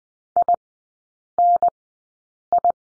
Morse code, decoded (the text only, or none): INI